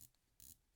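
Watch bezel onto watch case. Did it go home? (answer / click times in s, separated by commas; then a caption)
yes / 0.5 s. An alternative bezel with an anodized insert is pressed onto the case of a Nivada Grenchen Chronoking Racing Blue watch with thumbs at the 9 and 3 o'clock positions. A quiet stretch gives way to two sharp, bright clicks in quick succession at about 0.5 s, and the bezel snaps on and is seated.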